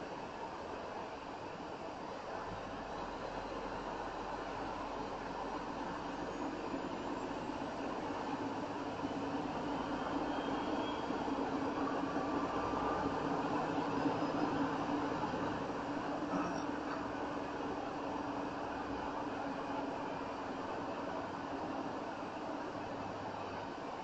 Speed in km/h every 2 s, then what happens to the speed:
27, 29, 31, 34, 35, 40, 44, 45, 45, 45, 44, 37.
0-13 speeds up to 45. 13-19 steady at about 45. 19-24 slows to 37.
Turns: none.